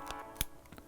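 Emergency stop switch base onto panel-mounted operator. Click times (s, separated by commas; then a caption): 0.4 s. The plastic base of an emergency stop pushbutton is clicked back onto its operator portion, which has been put through a mounting hole and secured with a screwed-on locking nut. One sharp click at 0.4 s stands out over background music, with fainter ticks before and after it. The base seats back into position.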